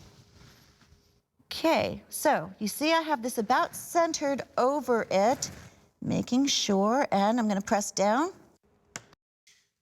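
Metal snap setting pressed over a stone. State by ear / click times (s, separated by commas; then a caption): seated / 9.0 s. A metal snap-set setting is centred over a cabochon stone and pressed down so its prongs snap over the stone. Someone talks for most of the clip, then a short, sharp snap is heard at 8.9 seconds after the speech stops. The setting is seated over the stone.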